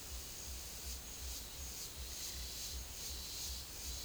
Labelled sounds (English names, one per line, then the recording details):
none
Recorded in secondary vegetation near Puerto Asís, Putumayo, Colombia, on 22 December 2024 at 09:30
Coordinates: 0.489, -76.322
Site G059